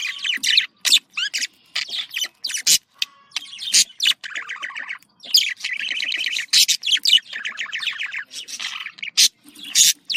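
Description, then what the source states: Budgerigars chattering continuously, a busy mix of rapid warbles, raspy chirps and sharp clicks, with dense bursts of high notes and brief pauses throughout. A pair of budgies.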